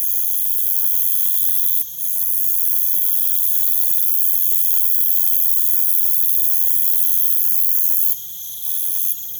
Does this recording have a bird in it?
no